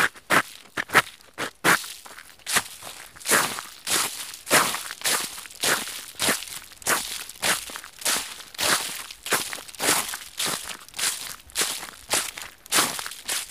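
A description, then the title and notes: Crunchy leaves crackle underfoot in a steady series of steps, each a short, bright, rustling crunch. The first few steps are quicker and sharper, then the pace settles into an even rhythm of roughly two crunches per second, continuing to the end. Crunch leaves podcast. Love crunchy leaves.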